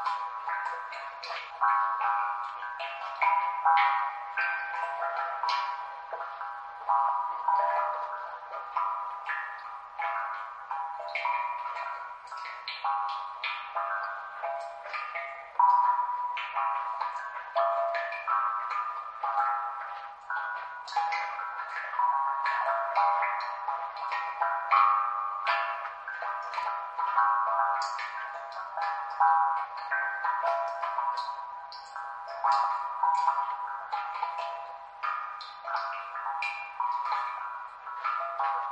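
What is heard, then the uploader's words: Wind chimes ring continuously in dense overlapping strikes, bright clustered tones sustaining and layering, with nothing low underneath and no pauses. Healing wind chimes.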